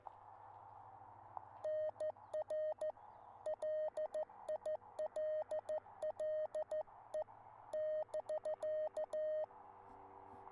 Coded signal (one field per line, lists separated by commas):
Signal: Morse code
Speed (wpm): 14 wpm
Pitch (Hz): 620 Hz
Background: none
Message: NR LILLE <BK>